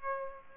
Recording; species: mosquito wingbeat signal from an infrared sensor; Aedes aegypti